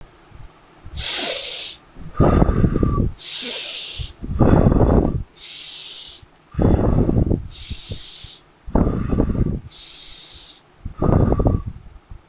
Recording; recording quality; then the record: deep breathing; excellent, no background noise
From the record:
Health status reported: healthy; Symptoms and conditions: none ticked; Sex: male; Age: 31 years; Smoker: yes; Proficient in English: yes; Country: India